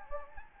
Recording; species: mosquito wingbeat signal from an infrared sensor; Anopheles gambiae